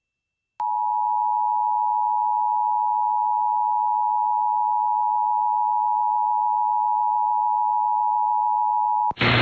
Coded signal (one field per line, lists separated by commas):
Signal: Emergency Alert System (SAME) tones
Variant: 853 and 960 Hz attention tone